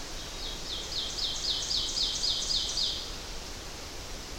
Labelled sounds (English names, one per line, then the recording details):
Ovenbird song
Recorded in boreal forest in Alberta, Canada, on 12 June 2016 at 07:15
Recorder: SongMeter 3, array SBT-3-18
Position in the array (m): 60 m, 315 m
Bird 32